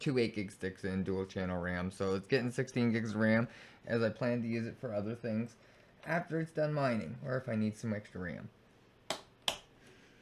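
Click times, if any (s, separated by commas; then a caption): 9.1 s, 9.5 s. Someone talks, then an 8 GB RAM stick, one of two going in for dual channel to make 16 GB, is pressed into the motherboard DIMM slot until its plastic retention clips snap shut. Two sharp clicks are heard at 9.1 s and 9.5 s, and the stick is seated.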